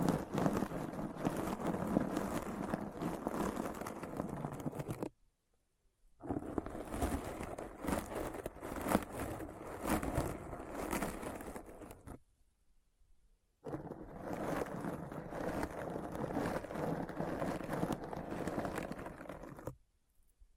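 Deep Brain Scratch: a dense, gritty scraping texture full of fast crackles and clicks, running in three long blocks that each stop dead into silence, around five seconds and again near twelve to thirteen seconds. The grinding stays thick and fairly even throughout.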